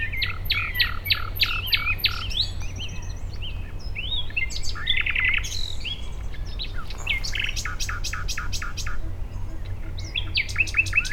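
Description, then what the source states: Common nightingale singing continuously: quick repeated chirps, liquid whistled notes, and bursts of rapid staccato pulses, with a constant low rumble underneath. Recorded at Dishoek, Netherlands, on 10 May 2015.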